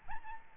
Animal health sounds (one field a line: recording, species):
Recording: mosquito wingbeat signal from an infrared sensor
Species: Aedes albopictus